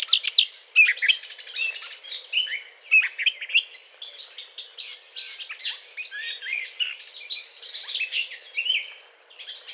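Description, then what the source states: Eurasian blackcap song, a fast, jumbled warble of high scratchy notes and short whistles, delivered almost without pause. Courtship song.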